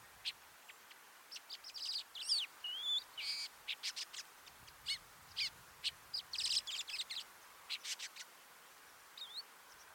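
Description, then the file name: Long-tailed shrike mixing harsh grating notes with short whistled and slurred phrases in an uneven, chattering sequence, with a brief gap before a final whistled note. "Ruud van Beusekom - Dlinnohvostyj sorokoput Lanius schach"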